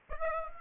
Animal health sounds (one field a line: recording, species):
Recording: mosquito wingbeat signal from an infrared sensor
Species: Aedes aegypti